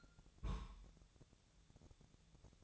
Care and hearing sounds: daily activity, microphone in the room; place on stove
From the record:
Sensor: 3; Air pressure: 999.3 hPa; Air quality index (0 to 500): 197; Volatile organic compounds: 43 ppm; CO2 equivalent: 3203 ppm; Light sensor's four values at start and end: 7/17/7/7 and 7/17/7/7

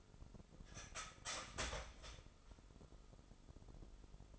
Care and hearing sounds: daily activity, microphone in the room; start toaster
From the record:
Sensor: 5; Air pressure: 988.7 hPa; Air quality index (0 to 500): 231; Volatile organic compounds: 175 ppm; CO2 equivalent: 4124 ppm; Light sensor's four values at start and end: 40/124/48/51 and 40/124/48/51

